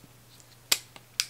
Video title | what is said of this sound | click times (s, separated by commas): Game changer for fishing videos? TELESIN U-shape magnetic POV neck holder mount #gopro #iphone | and pop it out | 0.7 s